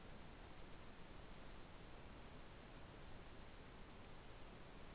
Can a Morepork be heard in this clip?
no